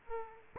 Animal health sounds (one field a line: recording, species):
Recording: mosquito wingbeat signal from an infrared sensor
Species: Aedes aegypti